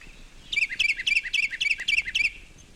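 Carolina Wren song: loud, rich phrases repeated several times in under two seconds, each a quick rolling whistle.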